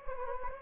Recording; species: mosquito wingbeat signal from an infrared sensor; Anopheles gambiae